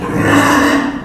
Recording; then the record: squeal of a Yucatan mini pig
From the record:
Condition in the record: after surgery on the right vocal fold (resection and tissue-engineered implant); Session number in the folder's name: 4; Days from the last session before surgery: 26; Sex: female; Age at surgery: 19 weeks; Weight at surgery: 25 kg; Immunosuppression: prednisolone